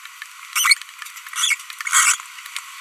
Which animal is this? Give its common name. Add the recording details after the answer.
Green-rumped Parrotlet. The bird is a female. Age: 23 days. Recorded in a nest box in Venezuela. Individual 17B42B2